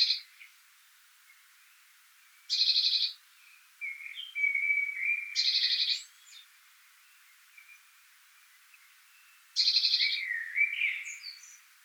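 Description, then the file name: Eurasian blue tit giving repeated rasping churrs spaced a few seconds apart, with thin slurred whistles and twitters in the gaps. "Cyanistes caeruleus"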